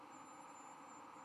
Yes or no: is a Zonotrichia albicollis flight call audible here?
no